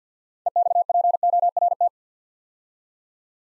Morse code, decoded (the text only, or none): EXPORT